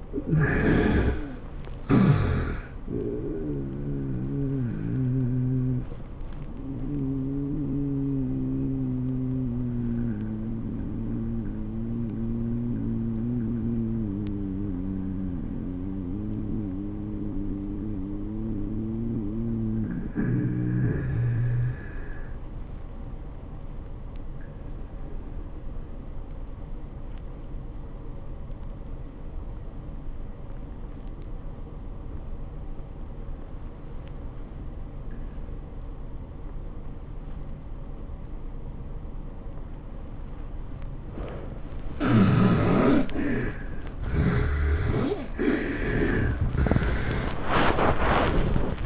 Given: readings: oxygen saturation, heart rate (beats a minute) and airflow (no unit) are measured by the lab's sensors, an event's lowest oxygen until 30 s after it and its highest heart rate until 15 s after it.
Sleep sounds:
breathing in sleep by a smartphone at the bedside; 1
5.00-40.90 s: hypopnea (N1, oxygen 96% highest, then 67% lowest, heart rate 111 at the start, 111 highest)
From the record:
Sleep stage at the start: N1 (lightest sleep); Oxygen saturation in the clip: 66 to 96%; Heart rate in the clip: 82 to 111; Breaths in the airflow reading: 7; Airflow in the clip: -19.5 to 11.2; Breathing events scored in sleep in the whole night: 403 in 5.5 hours asleep

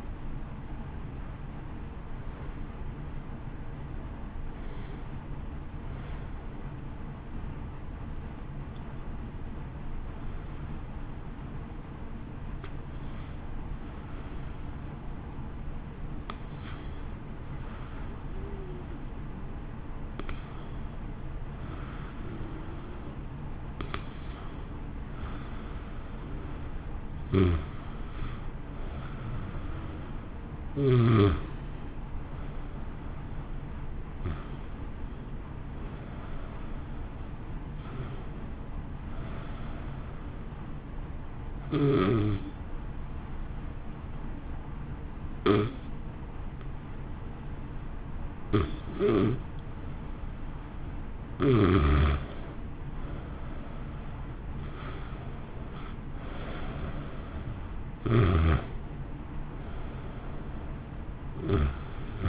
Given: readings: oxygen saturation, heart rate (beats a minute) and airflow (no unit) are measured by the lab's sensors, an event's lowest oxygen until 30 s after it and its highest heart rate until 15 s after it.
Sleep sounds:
breathing in sleep by a smartphone at the bedside; 2
3.00-30.10 s: hypopnea (N1, oxygen 94% highest, then 89% lowest, heart rate 61 at the start, 61 highest)
41.00-52.60 s: hypopnea (N1, oxygen 92% highest, then 87% lowest, heart rate 61 at the start, 64 highest)
From the record:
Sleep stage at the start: N1 (lightest sleep); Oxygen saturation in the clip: 88 to 94%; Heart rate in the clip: 57 to 64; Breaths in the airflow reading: 19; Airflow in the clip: -1.1 to 1.1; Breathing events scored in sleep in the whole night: 328 in 6.3 hours asleep

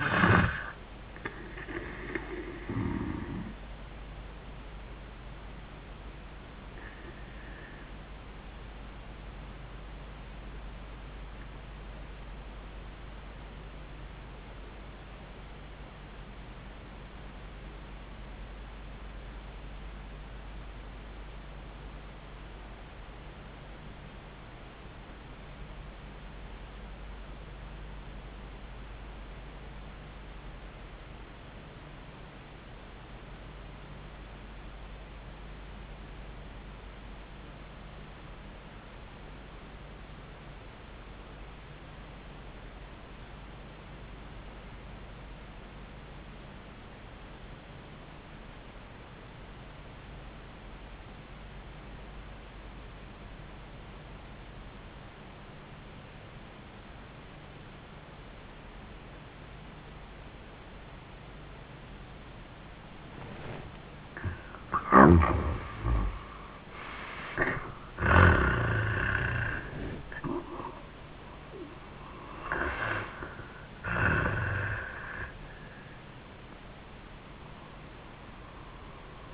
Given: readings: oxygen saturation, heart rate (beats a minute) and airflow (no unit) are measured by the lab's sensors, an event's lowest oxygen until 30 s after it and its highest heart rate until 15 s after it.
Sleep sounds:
breathing in sleep by a voice recorder at the bedside; 1
5.00-65.50 s: obstructive apnea (N1, oxygen 96% highest, then 68% lowest)
11.00-41.00 s: new sleep stage, REM sleep
41.00-71.00 s: new sleep stage, awake
64.00-75.00 s: awake
71.00-79.34 s: new sleep stage, REM sleep
From the record:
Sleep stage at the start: N1 (lightest sleep); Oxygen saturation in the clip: 71 to 96%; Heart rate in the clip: 51 to 85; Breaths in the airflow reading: 4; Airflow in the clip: -34.8 to 30.8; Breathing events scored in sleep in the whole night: 400 in 8.7 hours asleep

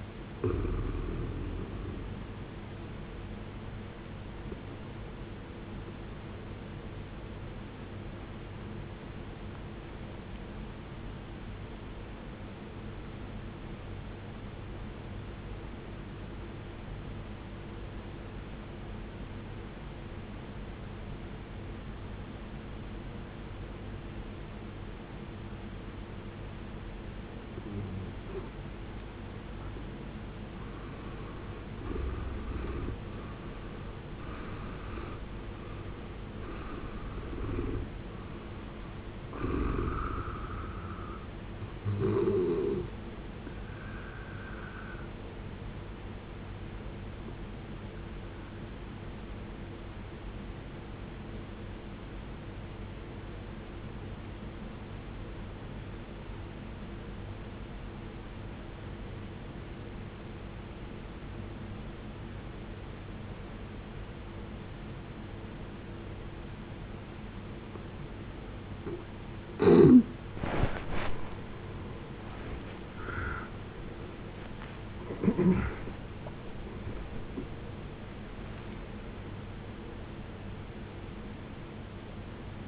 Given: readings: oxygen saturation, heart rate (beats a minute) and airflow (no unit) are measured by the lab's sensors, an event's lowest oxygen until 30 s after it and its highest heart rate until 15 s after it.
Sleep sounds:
breathing in sleep by a voice recorder at the bedside; 2
12.00-30.60 s: obstructive apnea (N1, oxygen 93% highest, then 75% lowest, heart rate 67 at the start, 80 highest)
48.00-69.90 s: obstructive apnea (N1, oxygen 93% highest, then 75% lowest, heart rate 57 at the start, 91 highest)
From the record:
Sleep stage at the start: N1 (lightest sleep); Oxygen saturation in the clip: 73 to 93%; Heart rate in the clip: 55 to 91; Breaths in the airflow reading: 13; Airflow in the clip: -15.6 to 16.2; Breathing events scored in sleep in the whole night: 389 in 6.3 hours asleep

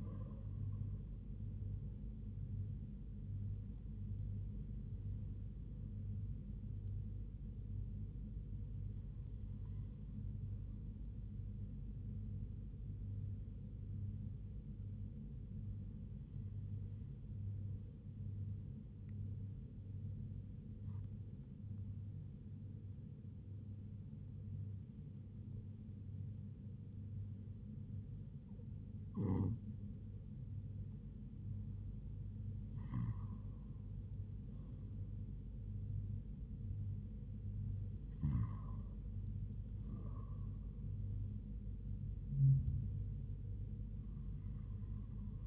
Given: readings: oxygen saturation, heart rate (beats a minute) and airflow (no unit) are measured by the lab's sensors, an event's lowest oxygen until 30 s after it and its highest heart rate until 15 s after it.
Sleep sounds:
breathing in sleep by a smartphone at the bedside; none
none scored
From the record:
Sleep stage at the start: N2 (light sleep); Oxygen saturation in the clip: 96 to 98%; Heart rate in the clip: 69 to 78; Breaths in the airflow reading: 9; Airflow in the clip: -5.5 to 5.1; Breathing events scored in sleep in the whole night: 158 in 7.3 hours asleep

